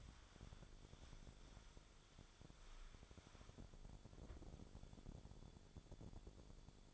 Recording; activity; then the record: daily activity, microphone in the room; wipe stove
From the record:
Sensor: 5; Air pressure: 1015.2 hPa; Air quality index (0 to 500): 218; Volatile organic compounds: 12 ppm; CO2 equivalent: 2366 ppm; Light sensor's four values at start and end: 35/81/33/35 and 35/83/34/36